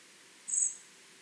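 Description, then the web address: Common blackbird giving one short, very high, thin call note over faint background hiss. "SETE data Turdus merula"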